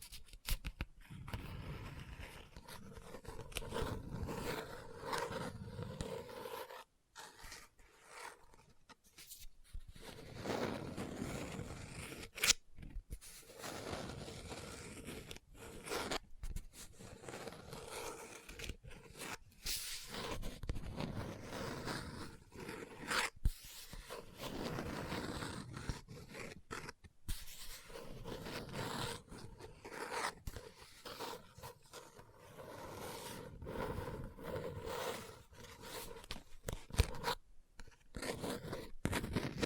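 A book is scratched and handled with dense, rough rubbing strokes in uneven bursts, with brief silent gaps near 7, 10 and 27 seconds.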